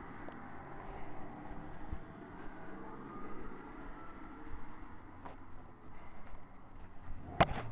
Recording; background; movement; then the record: deep breathing; traffic; walking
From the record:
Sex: female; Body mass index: 22.6 kg/m2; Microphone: on the chest, facing the body